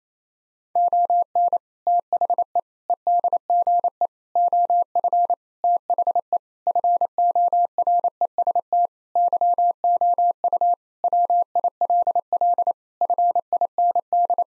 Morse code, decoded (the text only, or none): ON THE EDGE OF THE FOREST YOU WILL FIND